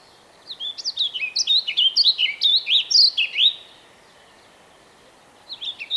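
Songbird sings one rapid phrase of bright, slurred, falling notes lasting about three seconds. A new phrase begins just before the end.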